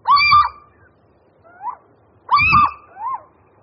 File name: Sýček obecný